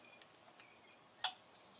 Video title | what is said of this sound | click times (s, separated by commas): Masterbuilt 560 Rotisserie Unboxing, Installation and First Cook | boom click hear it | 1.2 s